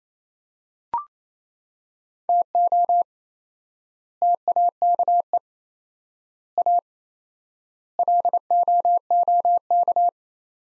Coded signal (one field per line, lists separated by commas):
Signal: Morse code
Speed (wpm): 28 wpm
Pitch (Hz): 700 Hz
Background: none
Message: TO TAKE A LOOK